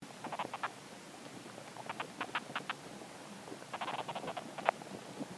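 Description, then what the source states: Garden ant sounds: three groups of quick scratchy clicks, the last ending in a sharper tick, with quiet hissy gaps between. Garden ants communicating in soil.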